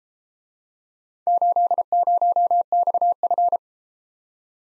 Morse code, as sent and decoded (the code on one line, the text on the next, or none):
---.. ----- -..- ..-.
80XF